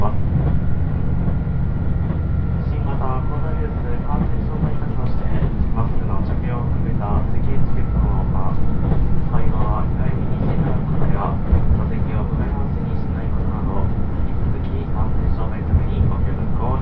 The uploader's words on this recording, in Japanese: 予讃線特急宇和海5号 松山→伊予大洲。伊予市から西は非電化区間なのでディーゼル特急となります。TSE2000系の特急宇和海5号は2両編成。窓側座席をキープしました。